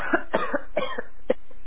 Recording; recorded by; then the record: voluntary cough; telephone call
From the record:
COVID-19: positive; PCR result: self-reported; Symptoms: no